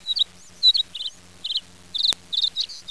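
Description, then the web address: Bird calls, a rapid series of high chirps and short trilled notes, some sweeping up and down, with a sharp click near the end. "特酷声音素材库 动物 鸟 Bird"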